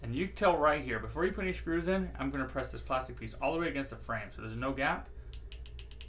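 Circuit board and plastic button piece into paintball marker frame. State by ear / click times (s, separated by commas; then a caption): seated / 5.3 s, 5.5 s, 5.7 s, 5.8 s, 5.9 s, 6.0 s. Someone talks while pressing the plastic board housing of a Redline circuit board upgrade against the frame of an Empire Mini GS paintball marker, pushing it all the way in so there is no gap before any screws go in, with the on-off button lined up to its button pad. A quick run of sharp clicks follows at 5.3, 5.5, 5.7, 5.8, 5.9 and 6.0 seconds, and the clicking means the board is seated correctly.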